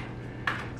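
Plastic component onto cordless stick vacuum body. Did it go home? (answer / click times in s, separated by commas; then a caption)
yes / 0.5 s. A plastic component is lined up on the prongs of a cordless stick vacuum body and pushed home. A short, sharp snap is heard at 0.5 seconds over a low steady hum, and the part is seated, snapped into place.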